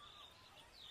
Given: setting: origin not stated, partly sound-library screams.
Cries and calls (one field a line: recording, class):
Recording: one-second piece from a danger detection set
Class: normal situation